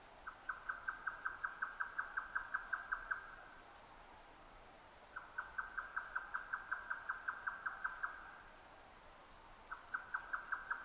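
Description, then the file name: Grey nightjar song in repeated bursts of rapid, even, clucking notes on a single pitch, with brief quiet pauses between the series. 12 June 2009 at 22:41. "yotaka-20090612-2241"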